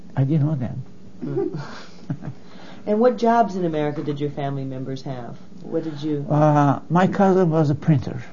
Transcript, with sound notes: I didn't know them. (laughs)
And what jobs in America did your family members have? What did you—
Uh, my cousin was a printer.